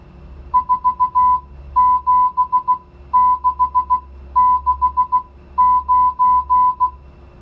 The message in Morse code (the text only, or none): 47669